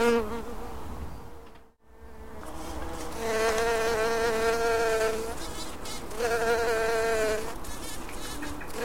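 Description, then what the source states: Bumblebee buzzing in bursts, a deep droning hum that breaks off, returns loudly for a couple of seconds, pauses, then swells again. Black bumblebee, recorded 16 April 2010.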